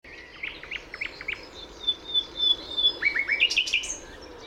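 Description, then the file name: Common nightingale song with a run of quick stuttered notes, a long pure whistle, then a series of chirps and a sharp burst of high notes. "Luscinia megarhynchos"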